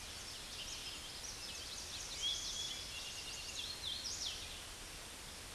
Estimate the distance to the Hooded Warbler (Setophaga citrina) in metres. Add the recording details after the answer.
about 55 m. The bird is about 20 m above the microphone. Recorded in a Pennsylvania forest on 16 May 2024 at 07:09. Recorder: AudioMoth, point MSD-1295. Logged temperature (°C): 13.7 °C. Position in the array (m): 149 m, 116 m